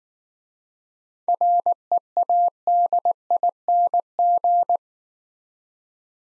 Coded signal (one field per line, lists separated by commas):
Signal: Morse code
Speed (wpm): 19 wpm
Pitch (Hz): 700 Hz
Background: none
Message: READING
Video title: Easy Words - Speed-Racing with Hints - 15wpm